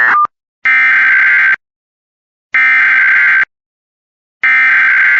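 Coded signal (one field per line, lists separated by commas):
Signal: Emergency Alert System (SAME) tones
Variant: header bursts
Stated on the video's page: Real Utah Amber Alert EAS for an endangered child.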